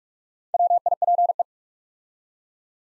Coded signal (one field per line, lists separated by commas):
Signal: Morse code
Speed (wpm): 44 wpm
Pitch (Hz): 700 Hz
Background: none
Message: WIPE